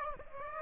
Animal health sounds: mosquito wingbeat signal from an infrared sensor; Aedes aegypti

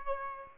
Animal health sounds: mosquito wingbeat signal from an infrared sensor; Aedes albopictus

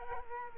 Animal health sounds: mosquito wingbeat signal from an infrared sensor; Culex quinquefasciatus

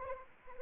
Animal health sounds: mosquito wingbeat signal from an infrared sensor; Anopheles arabiensis

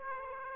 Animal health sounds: mosquito wingbeat signal from an infrared sensor; Aedes aegypti

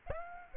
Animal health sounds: mosquito wingbeat signal from an infrared sensor; Aedes aegypti

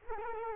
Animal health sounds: mosquito wingbeat signal from an infrared sensor; Culex quinquefasciatus

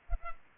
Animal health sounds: mosquito wingbeat signal from an infrared sensor; Culex pipiens

